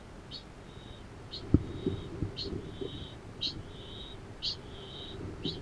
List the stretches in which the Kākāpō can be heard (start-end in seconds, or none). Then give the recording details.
0.16-5.62. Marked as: faintness 3/5, faintness 2/5. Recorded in New Zealand. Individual Arab